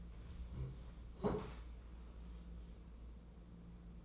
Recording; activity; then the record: daily activity, microphone in the room; sit down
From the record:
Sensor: 1